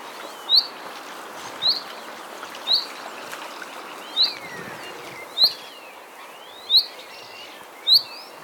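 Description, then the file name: Common chaffinch uttering a series of short, sharp call notes against broad background noise, with faint sweeping sounds between. "Fringilla coelebs"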